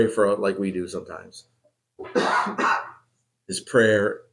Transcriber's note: coughing